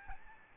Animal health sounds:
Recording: mosquito wingbeat signal from an infrared sensor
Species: Aedes albopictus

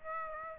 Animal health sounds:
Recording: mosquito wingbeat signal from an infrared sensor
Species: Aedes aegypti

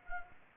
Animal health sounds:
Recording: mosquito wingbeat signal from an infrared sensor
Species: Anopheles arabiensis

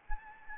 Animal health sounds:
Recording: mosquito wingbeat signal from an infrared sensor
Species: Anopheles gambiae

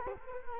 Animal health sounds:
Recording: mosquito wingbeat signal from an infrared sensor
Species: Culex quinquefasciatus

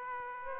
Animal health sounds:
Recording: mosquito wingbeat signal from an infrared sensor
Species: Aedes aegypti

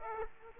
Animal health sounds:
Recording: mosquito wingbeat signal from an infrared sensor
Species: Aedes aegypti

